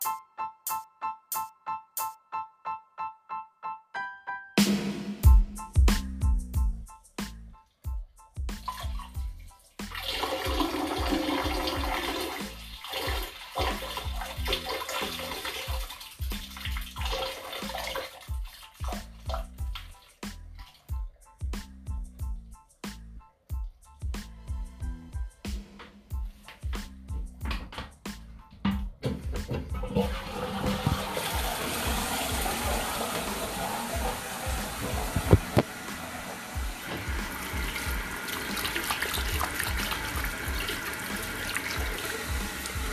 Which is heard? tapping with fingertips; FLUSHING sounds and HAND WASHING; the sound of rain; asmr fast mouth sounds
FLUSHING sounds and HAND WASHING